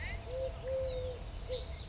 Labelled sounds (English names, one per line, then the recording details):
Eurasian Collared Dove
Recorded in Sonoma County, California